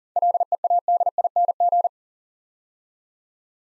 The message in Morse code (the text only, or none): LEADING